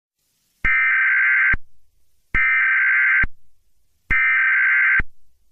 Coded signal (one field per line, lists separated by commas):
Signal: Emergency Alert System (SAME) tones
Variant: header bursts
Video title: EAS Scenario #19: ALCATRAZ: the Ship of Theseus.